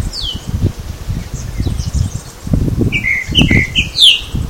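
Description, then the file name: Tropical mockingbird song: a slurred descending note, then a quick cluster of chirpy phrases rising in pitch near the end, with steady low rustling and wind. Mimus gilvus recorded at Baby Beach, Aruba, on 21 November 2013. "Mimus-gilvus-Baby Beach-Aruba. ASilveira"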